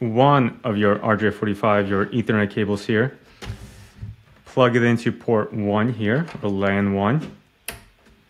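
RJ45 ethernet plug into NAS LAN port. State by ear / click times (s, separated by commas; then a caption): seated / 7.7 s. Someone talks while an RJ45 ethernet cable is plugged into LAN port 1 (L1) on the back of a Synology DS923+ NAS. The connector gives a short, sharp click at 7.7 s, and the plug is seated.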